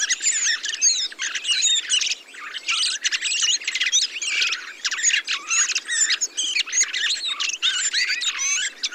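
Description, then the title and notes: Many thrushes singing and calling at once, a steady high babble of twittering and squealing notes with brief dips in loudness. 22 November 2020, Montagne du Puy, Drôme; large mixed flock of mistle thrushes, song thrushes, redwings, fieldfares and some blackbirds feeding on berries, blue sky, communal watch for sparrowhawk and goshawk; Nagra Seven, Telinga Pro7 parabola. "POT-POURRI DE GRIVES. 22 novembre 2020-Montagne du Puy - Drôme. Grives draine, musicienne, mauvis et litorne plus quelques merles"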